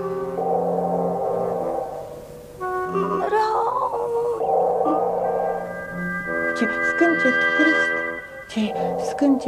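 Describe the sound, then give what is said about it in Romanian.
A female tiger cub in the jungle, her tail tangled in a thicket, whimpers in long, mournful, tonal cries that waver and bend in pitch, rising and falling in a steady, fairly loud stream with no talking. “Ce scâncet trist!”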